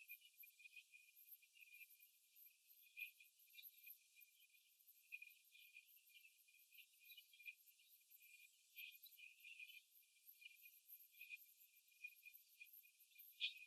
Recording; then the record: young laying hens in a cage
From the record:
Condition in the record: after the stressor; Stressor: simulated dog barking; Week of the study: 3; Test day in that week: 2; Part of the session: 1